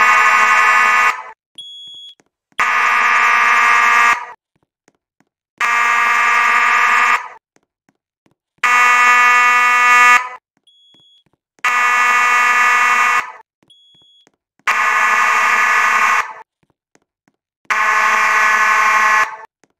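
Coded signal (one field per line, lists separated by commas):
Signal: alarm pattern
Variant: slow march time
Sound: eight buzzy fire alarm horn blasts, evenly paced about every 2.5 seconds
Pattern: 8 long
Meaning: Fire alarm sounding in slow march time, signalling evacuation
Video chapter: Slow March Time / 4:90 March Time 8:40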